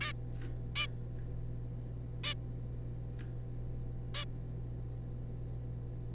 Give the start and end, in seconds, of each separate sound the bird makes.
0.01-0.12, 0.76-0.87, 2.23-2.34, 4.14-4.25